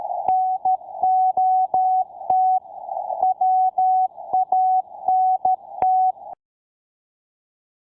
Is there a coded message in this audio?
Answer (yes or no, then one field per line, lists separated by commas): yes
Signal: Morse code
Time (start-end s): 0.3-6.1 s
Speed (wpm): 13 wpm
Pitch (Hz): 750 Hz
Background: none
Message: NOT WANT